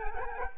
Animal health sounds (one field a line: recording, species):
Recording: mosquito wingbeat signal from an infrared sensor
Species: Culex quinquefasciatus